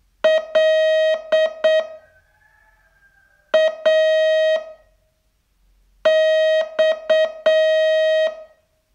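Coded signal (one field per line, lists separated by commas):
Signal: Morse code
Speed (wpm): 8 wpm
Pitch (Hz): 630 Hz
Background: none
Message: LAX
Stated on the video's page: Morse training test, day 28 of a 42-day learning course.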